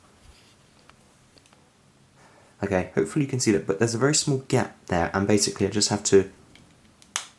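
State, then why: Seated. A small plastic pin is pushed down into a turbofan engine model kit assembly while someone talks, with a few faint ticks early on. A sharp, loud snap at 7.2 s marks the pin clicking into place.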